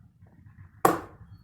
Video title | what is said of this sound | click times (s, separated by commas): Stihl BR550 restored for under $50 Part 3 of 3 | push it and listen for the click it's in nice and level we're good | 0.9 s